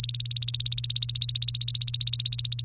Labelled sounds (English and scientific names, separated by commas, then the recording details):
Domestic Canary (Serinus canaria) song
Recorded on 3 May 2018 at 07:30
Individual llb3